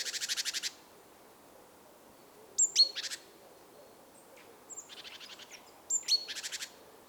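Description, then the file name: Great tit calls: harsh, buzzy rattling churrs in short bursts, mixed with thin, sharp high notes, in scattered groups with quiet pauses between them. "Parus major"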